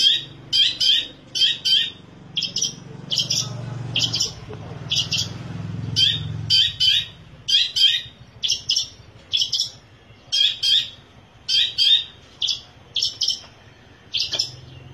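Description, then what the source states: Long-tailed shrike song: brisk high chattering with paired and tripled scratchy notes and brief whistled accents. Combination song (kombinasi); Indonesian name cendet.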